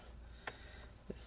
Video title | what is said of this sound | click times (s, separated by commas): DELL Inspiron 15 5567 Disassembly RAM Upgrade SSD Hard Drive Quicklook LCD Screen Replacement Repair | side somewhat clicked back in as well there we go | 0.5 s